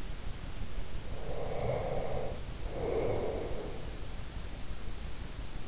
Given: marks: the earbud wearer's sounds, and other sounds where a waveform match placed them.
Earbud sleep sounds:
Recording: sounds in sleep by an in-ear microphone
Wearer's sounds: breath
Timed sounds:
0.94-3.88 s: breath

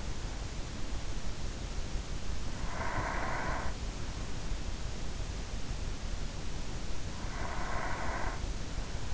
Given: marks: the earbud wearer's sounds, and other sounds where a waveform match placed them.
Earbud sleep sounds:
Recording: sounds in sleep by an in-ear microphone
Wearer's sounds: breath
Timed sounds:
2.28-4.06 s: breath
7.13-9.14 s: breath

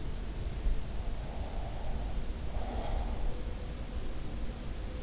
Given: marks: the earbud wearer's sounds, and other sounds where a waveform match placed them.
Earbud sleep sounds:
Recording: sounds in sleep by an in-ear microphone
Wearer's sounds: breath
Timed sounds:
1.11-3.17 s: breath

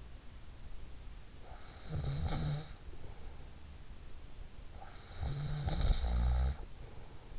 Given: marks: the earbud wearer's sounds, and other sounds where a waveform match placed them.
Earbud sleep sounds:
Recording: sounds in sleep by an in-ear microphone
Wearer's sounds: snoring breath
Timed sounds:
1.34-3.55 s: snoring breath
4.65-7.32 s: snoring breath

